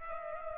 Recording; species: mosquito wingbeat signal from an infrared sensor; Culex pipiens